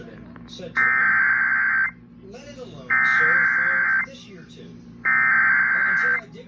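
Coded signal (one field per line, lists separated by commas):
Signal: Emergency Alert System (SAME) tones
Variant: header bursts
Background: speech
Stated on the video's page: Severe Thunderstorm Warning relayed on an AM broadcast station.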